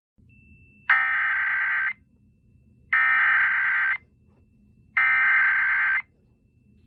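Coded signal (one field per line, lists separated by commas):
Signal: Emergency Alert System (SAME) tones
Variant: header bursts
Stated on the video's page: Fictional EAS scenario about a 450 mph tornado, not a real alert.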